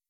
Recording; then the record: hydrophone in a shrimp aquaculture tank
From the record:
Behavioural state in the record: weakened